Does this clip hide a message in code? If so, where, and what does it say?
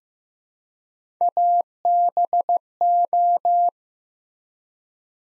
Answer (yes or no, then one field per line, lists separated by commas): yes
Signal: Morse code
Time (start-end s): 1.2-3.7 s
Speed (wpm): 15 wpm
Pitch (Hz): 700 Hz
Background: none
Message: ABO